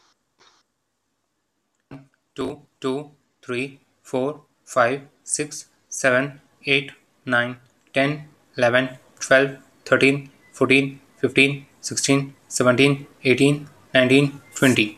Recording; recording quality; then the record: counting at a normal pace; moderate, slight background noise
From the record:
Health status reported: healthy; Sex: male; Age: 31 years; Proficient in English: yes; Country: India